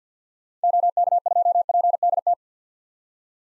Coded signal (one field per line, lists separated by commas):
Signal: Morse code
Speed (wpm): 50 wpm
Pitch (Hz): 700 Hz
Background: none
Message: OK2PDT